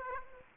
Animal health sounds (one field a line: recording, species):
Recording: mosquito wingbeat signal from an infrared sensor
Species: Aedes aegypti